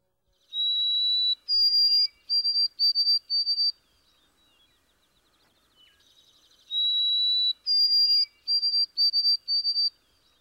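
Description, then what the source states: White-throated Sparrow song, clear pure whistles: a long steady note, then a higher note followed by several short repeated notes, given twice over near silence. Song written by some New Englanders as 'Oh, Sam, peebity, peebity, peebity' and north of the border as 'Oh, sweet Canada, Canada, Canada'.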